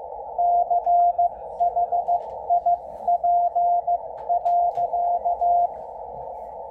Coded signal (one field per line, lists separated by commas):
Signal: Morse code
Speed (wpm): 15 wpm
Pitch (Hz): 700 Hz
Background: none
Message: CHIP.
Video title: W1AW Amateur station decoding Yaesu FTdx10 transceiver using attenuator and DNR 80 meters shortwave